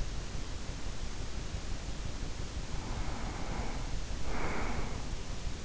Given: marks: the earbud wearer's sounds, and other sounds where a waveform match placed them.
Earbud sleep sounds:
sounds in sleep by an in-ear microphone; breath
2.46-5.25 s: breath

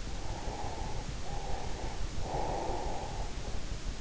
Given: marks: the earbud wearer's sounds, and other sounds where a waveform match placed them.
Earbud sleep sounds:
sounds in sleep by an in-ear microphone; breath
0.25-3.89 s: breath

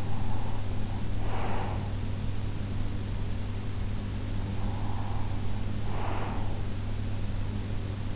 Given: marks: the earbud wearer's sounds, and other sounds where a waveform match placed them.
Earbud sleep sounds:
sounds in sleep by an in-ear microphone; breath
0.00-2.10 s: breath
4.14-7.01 s: breath

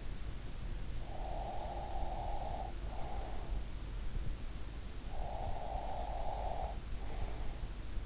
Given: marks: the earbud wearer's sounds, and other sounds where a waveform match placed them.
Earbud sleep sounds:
sounds in sleep by an in-ear microphone; breath
1.10-3.82 s: breath
4.86-8.06 s: breath

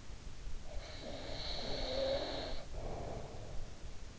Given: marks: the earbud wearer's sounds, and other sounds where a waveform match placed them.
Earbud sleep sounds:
sounds in sleep by an in-ear microphone; snoring breath
0.51-4.11 s: snoring breath

